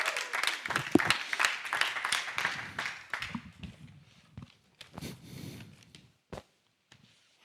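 A burst of audience applause, dense and loud at first, then thinning into scattered individual claps and fading out over several seconds, with faint voices murmuring underneath.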